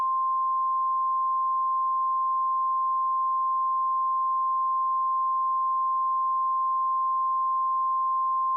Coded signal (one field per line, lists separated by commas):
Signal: Emergency Alert System (SAME) tones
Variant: 1050 Hz attention tone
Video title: Emergency Alert System | Desturicen Alert